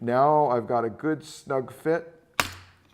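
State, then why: Seated. Someone talks about getting a snug fit on the strap of a Paulson Manufacturing DK7 Series riot helmet with face shield, after tightening the ratchet strap a few more clicks. Then the buckle's separate lock snaps shut with one sharp snap at 2.4 s. The lock seats, and the buckle won't open unless its button is pushed.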